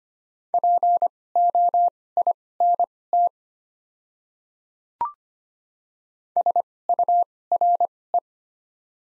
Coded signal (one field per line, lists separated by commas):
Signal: Morse code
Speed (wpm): 25 wpm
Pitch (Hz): 700 Hz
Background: none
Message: POINT SURE